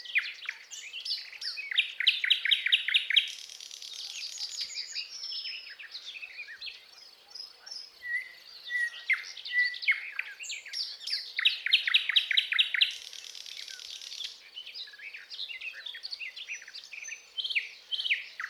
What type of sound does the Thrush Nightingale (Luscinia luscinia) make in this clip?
song